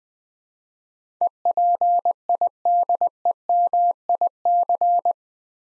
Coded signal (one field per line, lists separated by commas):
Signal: Morse code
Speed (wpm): 20 wpm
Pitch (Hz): 700 Hz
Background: none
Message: EPIDEMIC